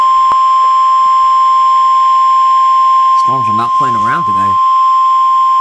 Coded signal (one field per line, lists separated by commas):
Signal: Emergency Alert System (SAME) tones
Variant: 1050 Hz attention tone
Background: speech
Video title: Severe Thunderstorm Warning #5 (EAS #389)